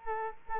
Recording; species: mosquito wingbeat signal from an infrared sensor; Culex quinquefasciatus